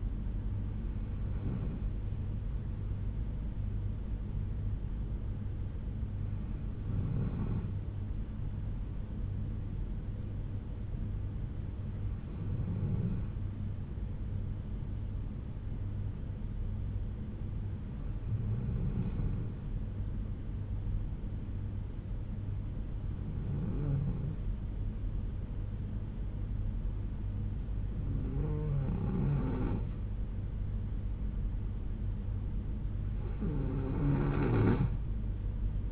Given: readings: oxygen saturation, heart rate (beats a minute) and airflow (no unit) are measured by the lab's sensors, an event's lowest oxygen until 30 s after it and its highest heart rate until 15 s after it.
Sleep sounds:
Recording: breathing in sleep by a smartphone at the bedside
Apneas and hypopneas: 1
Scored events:
4.00-31.90 s: hypopnea (N2, oxygen 96% highest, then 92% lowest, heart rate 60 at the start, 74 highest)
From the record:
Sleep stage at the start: N2 (light sleep)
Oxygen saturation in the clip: 91 to 96%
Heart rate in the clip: 60 to 65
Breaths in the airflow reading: 7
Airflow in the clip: -5.3 to 6.9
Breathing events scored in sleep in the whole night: 368 in 8.0 hours asleep

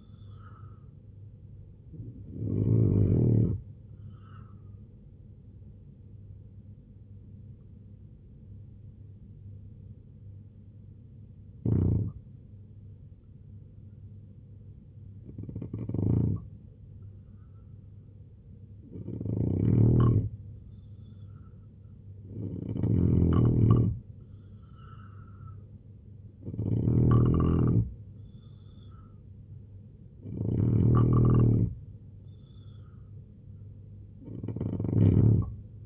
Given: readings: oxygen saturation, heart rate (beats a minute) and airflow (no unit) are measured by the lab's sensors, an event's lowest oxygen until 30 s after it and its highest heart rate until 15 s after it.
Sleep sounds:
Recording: breathing in sleep by a smartphone at the bedside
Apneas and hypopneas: 1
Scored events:
5.00-21.60 s: hypopnea (N3, oxygen 92% highest, then 85% lowest, heart rate 73 at the start, 77 highest)
From the record:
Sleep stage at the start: N3 (deep sleep)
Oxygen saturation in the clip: 85 to 92%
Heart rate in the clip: 70 to 77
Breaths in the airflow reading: 8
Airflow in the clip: -3.8 to 5.1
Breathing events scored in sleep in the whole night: 258 in 7.4 hours asleep

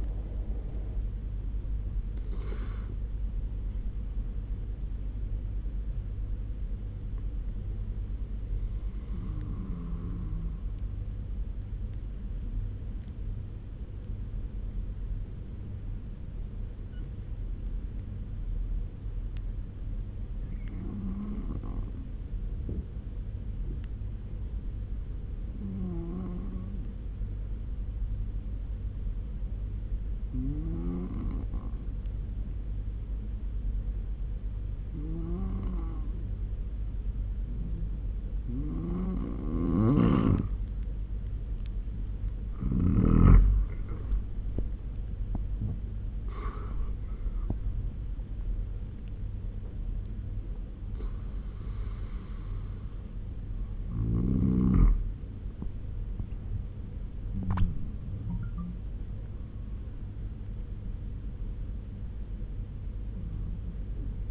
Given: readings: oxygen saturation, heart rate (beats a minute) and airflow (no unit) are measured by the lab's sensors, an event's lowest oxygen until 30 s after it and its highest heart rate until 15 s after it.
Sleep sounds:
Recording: breathing in sleep by a smartphone at the bedside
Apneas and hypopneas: 1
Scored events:
18.00-42.00 s: hypopnea (N2, oxygen 96% highest, then 91% lowest, heart rate 69 at the start, 85 highest)
41.00-64.31 s: new sleep stage, N1 (lightest sleep)
From the record:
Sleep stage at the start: N2 (light sleep)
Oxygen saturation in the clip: 90 to 96%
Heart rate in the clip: 60 to 87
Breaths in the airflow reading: 11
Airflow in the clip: -6.2 to 12.3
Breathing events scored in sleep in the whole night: 201 in 6.5 hours asleep

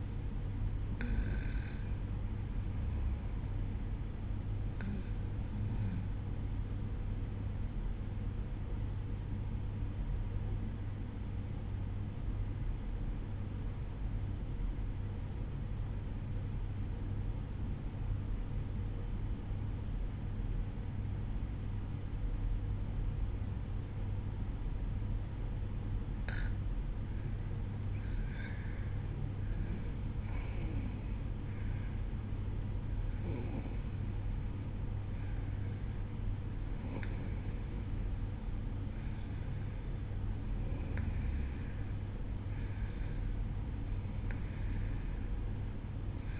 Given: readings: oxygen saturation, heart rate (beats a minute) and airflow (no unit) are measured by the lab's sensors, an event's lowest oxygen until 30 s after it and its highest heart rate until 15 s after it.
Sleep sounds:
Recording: breathing in sleep by a smartphone at the bedside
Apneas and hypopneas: 1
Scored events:
9.00-26.10 s: obstructive apnea (REM, oxygen 96% highest, then 94% lowest, heart rate 56 at the start, 58 highest)
From the record:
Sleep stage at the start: REM sleep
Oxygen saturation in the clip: 94 to 96%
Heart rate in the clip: 55 to 58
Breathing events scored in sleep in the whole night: 305 in 9.6 hours asleep

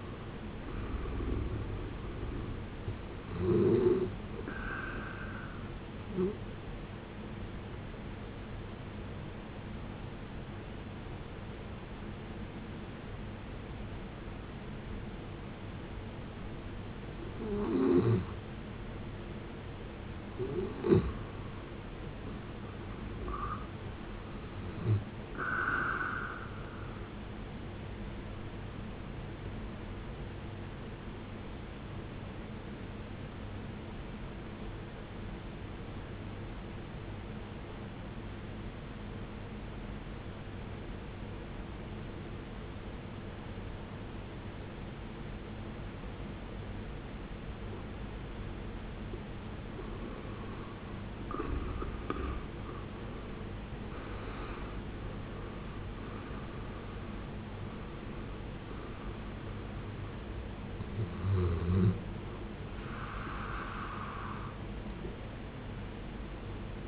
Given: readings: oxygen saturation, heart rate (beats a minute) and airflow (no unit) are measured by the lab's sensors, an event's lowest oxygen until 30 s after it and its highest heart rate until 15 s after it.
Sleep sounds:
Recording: breathing in sleep by a voice recorder at the bedside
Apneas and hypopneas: 2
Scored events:
3.00-33.00 s: new sleep stage, N1 (lightest sleep)
7.00-22.20 s: hypopnea (N1, oxygen 92% highest, then 89% lowest, heart rate 68 at the start, 74 highest)
33.00-63.00 s: new sleep stage, N2 (light sleep)
37.00-50.10 s: obstructive apnea (N2, oxygen 94% highest, then 78% lowest, heart rate 64 at the start, 76 highest)
63.00-66.88 s: new sleep stage, N1 (lightest sleep)
From the record:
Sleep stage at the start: N2 (light sleep)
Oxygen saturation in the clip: 80 to 94%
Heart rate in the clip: 56 to 76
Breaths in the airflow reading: 10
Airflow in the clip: -17.1 to 15.9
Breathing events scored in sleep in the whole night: 389 in 6.3 hours asleep

